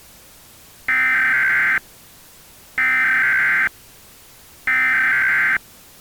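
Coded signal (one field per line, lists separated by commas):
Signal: Emergency Alert System (SAME) tones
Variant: header bursts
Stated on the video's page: SAME tones in a recreated Nebraska EAS test, not a live broadcast.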